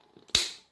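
A plastic globe is clipped back onto the base of a Toshiba Neo Ball 16W ferromagnetic compact fluorescent lamp. Faint handling rustles lead into a loud, sharp snap at 0.4 s that rings briefly and fades. The globe seats on the base.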